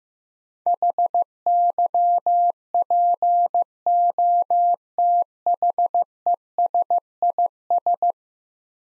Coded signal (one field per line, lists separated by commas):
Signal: Morse code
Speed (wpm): 15 wpm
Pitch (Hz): 700 Hz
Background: none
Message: HYPOTHESIS